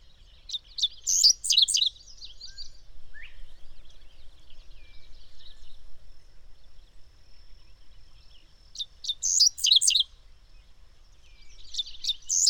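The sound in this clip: Bird song: short bursts of high, bright chirps and twitters at the start and again near nine and twelve seconds, with quiet gaps between.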